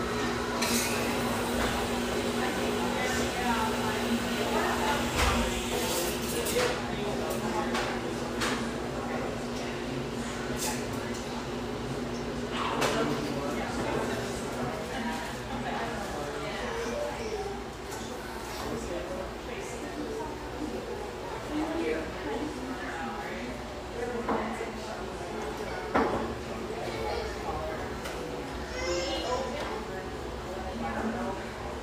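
A busy café murmurs with overlapping voices and chatter throughout, dense and fairly steady. A low steady hum sits underneath, and sharp clinks and knocks of dishes or cups break through now and then, notably around five, thirteen and twenty-six seconds.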